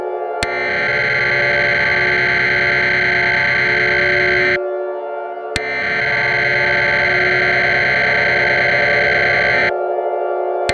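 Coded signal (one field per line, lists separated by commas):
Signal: Emergency Alert System (SAME) tones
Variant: header bursts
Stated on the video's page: Mock EAS alert.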